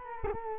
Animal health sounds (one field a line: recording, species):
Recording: mosquito wingbeat signal from an infrared sensor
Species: Culex quinquefasciatus